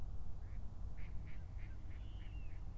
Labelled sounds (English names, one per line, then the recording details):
Mallard
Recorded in Germany
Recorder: ecoPi